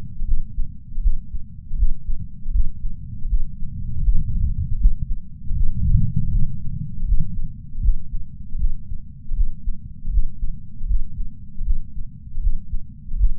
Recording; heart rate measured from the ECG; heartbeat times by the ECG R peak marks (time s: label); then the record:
heart sounds by patch sensor on the chest; 79 bpm
0.24 s: heartbeat
1.00 s: heartbeat
1.76 s: heartbeat
2.51 s: heartbeat
3.27 s: heartbeat
4.02 s: heartbeat
4.78 s: heartbeat
5.54 s: heartbeat
6.29 s: heartbeat
7.05 s: heartbeat
7.81 s: heartbeat
8.57 s: heartbeat
9.34 s: heartbeat
10.10 s: heartbeat
10.86 s: heartbeat
11.63 s: heartbeat
12.40 s: heartbeat
13.16 s: heartbeat
From the record:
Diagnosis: coronary artery disease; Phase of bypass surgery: postoperative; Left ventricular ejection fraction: 50.8%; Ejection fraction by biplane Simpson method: 51.6%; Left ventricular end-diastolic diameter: 50 mm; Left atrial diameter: 30 mm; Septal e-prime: 7.4 cm/s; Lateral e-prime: 7.6 cm/s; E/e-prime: 9.9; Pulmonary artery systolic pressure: 27 mmHg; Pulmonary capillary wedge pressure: 7 mmHg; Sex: male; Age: 66 years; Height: 176 cm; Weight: 74.5 kg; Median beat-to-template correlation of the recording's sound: 0.90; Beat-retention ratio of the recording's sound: 0.99